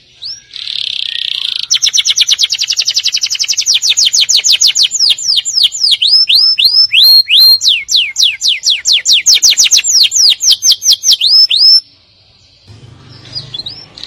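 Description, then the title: Canary song: a buzzy opening note, then a long loud run of rapid upswept whistles repeated several times a second, ending abruptly before a soft low hum. "Kenari"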